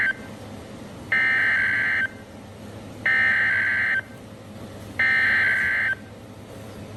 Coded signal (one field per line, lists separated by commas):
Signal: Emergency Alert System (SAME) tones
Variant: header bursts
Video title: DOUBLE HEADER STORM SURGE WARNING FOR HURRICANE HENRI!! EAS #22-23